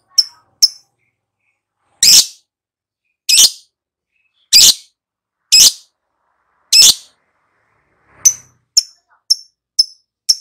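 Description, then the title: Lovebird calling: two high chirps, five loud harsh squawks about a second apart, then a quick series of sharp chirps. Lure to prompt a lovebird to start singing loudly. "Pancingan Lovebird Agar Nyaut GACOR."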